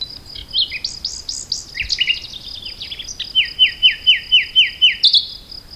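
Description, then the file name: Common nightingale song with looping whistles, then a run of several loud, evenly spaced descending notes, ending in a sharp chip; a steady high drone continues throughout. "Luscinia megarhynchos"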